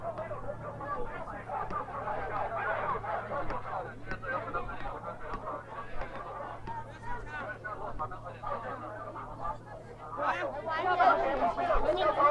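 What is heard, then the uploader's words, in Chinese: Hongyadong in Chongqing: dense crowd chatter with overlapping voices throughout, a steady low hum underneath, and louder nearby talk near the end. 重庆洪崖洞。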